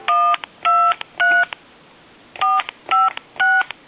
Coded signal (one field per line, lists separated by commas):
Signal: DTMF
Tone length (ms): 240 ms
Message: 123 456